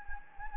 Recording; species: mosquito wingbeat signal from an infrared sensor; Anopheles gambiae